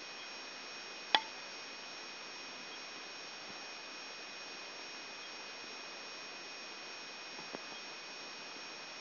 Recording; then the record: brain microelectrode recording played as sound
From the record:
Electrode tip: outside the subthalamic nucleus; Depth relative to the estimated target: 4 mm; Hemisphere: right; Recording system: AlphaMap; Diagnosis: Parkinson's disease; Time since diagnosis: 7 years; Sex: male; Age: 59 years